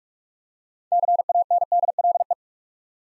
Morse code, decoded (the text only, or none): CANDLE